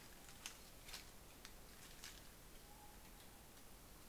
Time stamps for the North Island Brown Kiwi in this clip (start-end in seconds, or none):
none